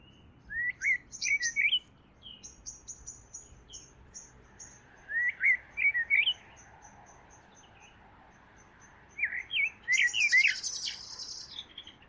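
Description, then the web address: Bird singing three separate phrases of rising, looping whistles, over a steady background hiss and a brief high buzzy burst. "Deverinetal. Bird Only"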